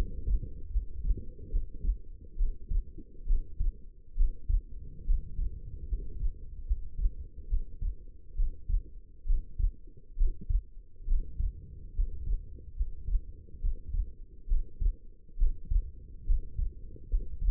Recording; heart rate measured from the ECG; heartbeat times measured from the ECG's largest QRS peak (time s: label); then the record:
heart sounds by stethoscope; 70 bpm
0.71 s: heartbeat
1.50 s: heartbeat
2.37 s: heartbeat
3.26 s: heartbeat
4.16 s: heartbeat
5.05 s: heartbeat
5.88 s: heartbeat
6.66 s: heartbeat
7.48 s: heartbeat
8.36 s: heartbeat
9.26 s: heartbeat
10.17 s: heartbeat
11.07 s: heartbeat
11.95 s: heartbeat
12.76 s: heartbeat
13.60 s: heartbeat
14.47 s: heartbeat
15.37 s: heartbeat
16.25 s: heartbeat
17.09 s: heartbeat
From the record:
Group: healthy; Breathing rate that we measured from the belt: 11 breaths a minute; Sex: female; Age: 19 years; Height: 163 cm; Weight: 51 kg